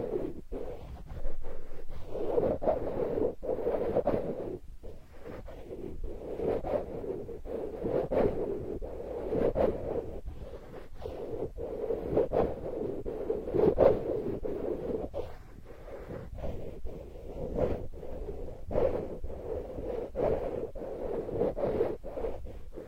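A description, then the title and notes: Sandalwood is tapped in a quick, fairly regular pattern, each knock a short dry click that repeats several times a second throughout. The knocks have a hollow, woody midrange body. A low, muffled rumble runs underneath the whole time. Healing sandalwood tapping experience SPA.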